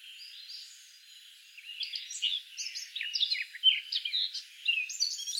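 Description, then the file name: Eurasian blackcap warbling, quieter and set against steady background hiss, with scattered whistled notes building through the second half. "Sylvia atricapilla"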